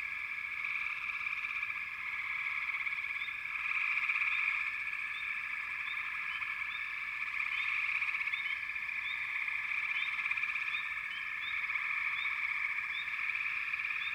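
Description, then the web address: Frogs in full chorus, a thick sustained trill that swells and eases, dotted with quick high chirps throughout. "Nature Sounds Sounds of Nature Collection 28 Frog Chourus"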